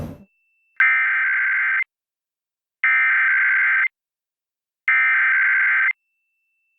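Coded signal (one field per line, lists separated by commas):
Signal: Emergency Alert System (SAME) tones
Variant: header bursts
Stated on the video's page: Oregon statewide required monthly test relayed by a TV station, captured from a Dish Network satellite receiver box via HDMI capture.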